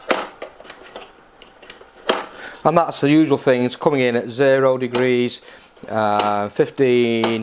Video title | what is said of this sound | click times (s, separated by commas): Festool Kapex ES 120 EB Review Part 1 | You can hear that lock into place. | 0.1 s, 2.1 s